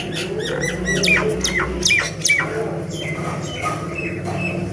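Myna calls, a busy mix of harsh squawks, clicks and short whistled notes tumbling quickly together, with a steady low hum underneath.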